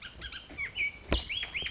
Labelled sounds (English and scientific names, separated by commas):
Bullock's Oriole (Icterus bullockii)